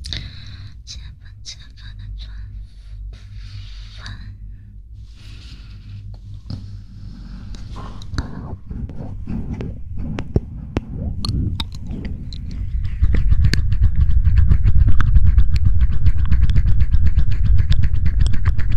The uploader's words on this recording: ASMR Close Mouth Sounds.